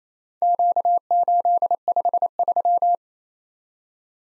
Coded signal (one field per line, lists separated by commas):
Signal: Morse code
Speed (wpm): 27 wpm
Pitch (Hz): 700 Hz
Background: none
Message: Q853